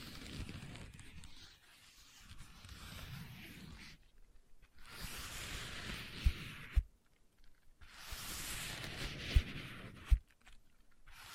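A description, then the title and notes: Scratching on leather comes in two bright bursts with sharp taps near six and nine seconds, between low rubbing murmurs and brief silences. ASMR Leather Tapping & Scratching Sounds (No Talking).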